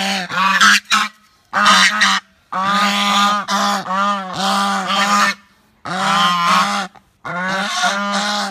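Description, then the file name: Goose honking loudly, long blaring notes strung into bursts with a few clipped short honks and silent gaps between. "Tieng ngong keu"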